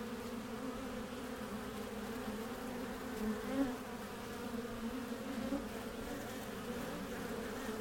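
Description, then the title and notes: Honey bees buzzing in a steady dense hum, with a brief louder swell near the middle. Backyard garden beehive entrance, recorded from the top on a warm spring day, Mission district, San Francisco, 2009; microphones placed in the hive and at its entrance. "Tree's Bees - Hive Entrance From Top (Excerpt). A warm spring day in the Mission district, San Francisco 2009, at the backyard garden beehive of Tree"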